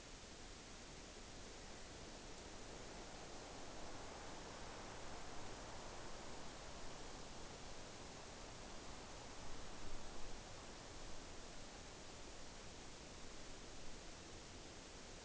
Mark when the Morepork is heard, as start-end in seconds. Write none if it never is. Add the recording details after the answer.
none. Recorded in New Zealand on 9 October 2013. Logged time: 17:00. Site Ponui